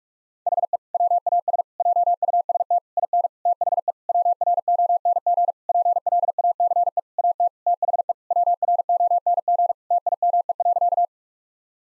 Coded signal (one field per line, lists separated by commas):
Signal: Morse code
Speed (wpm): 41 wpm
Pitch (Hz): 700 Hz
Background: none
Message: HE WAS JUST IN THE WRONG PLACE AT THE WRONG TIME.